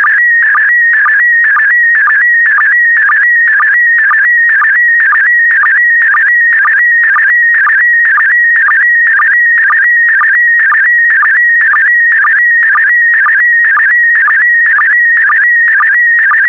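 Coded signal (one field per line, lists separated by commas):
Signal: SSTV (slow-scan television)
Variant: PD120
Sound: warbling, chirping tone with rhythmic low blips about twice a second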